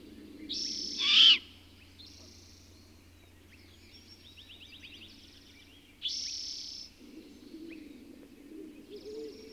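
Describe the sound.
Bird song with a loud harsh note early, scattered high trills and buzzy phrases, then a second strong note at six seconds and low warbling after.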